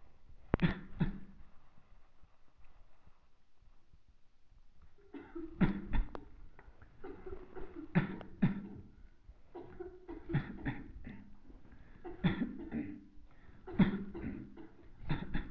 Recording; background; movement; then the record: voluntary coughing; a bystander coughing; sitting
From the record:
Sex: male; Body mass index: 23.7 kg/m2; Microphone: on the chest, facing the body